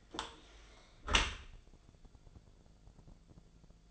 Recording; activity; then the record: daily activity, microphone in the room; close dishwasher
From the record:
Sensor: 5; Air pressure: 1000.6 hPa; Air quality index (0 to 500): 155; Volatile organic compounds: 2 ppm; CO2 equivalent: 1191 ppm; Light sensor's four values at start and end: 46/104/45/48 and 46/105/45/49